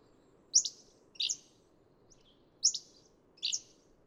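Hammond's flycatcher giving a few high, quick phrases, alternating a crisp sharp one with a rougher buzzy one, separated by gaps; low hum underneath.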